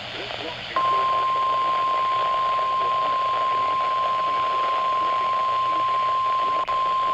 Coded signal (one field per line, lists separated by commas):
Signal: Emergency Alert System (SAME) tones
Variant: 1050 Hz attention tone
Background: speech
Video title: Tornado Watch #215 on 2 NWR channels | 5/27/21 | EAS 184-185